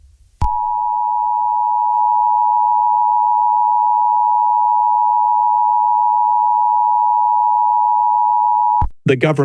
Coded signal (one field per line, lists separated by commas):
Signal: Emergency Alert System (SAME) tones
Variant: 853 and 960 Hz attention tone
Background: speech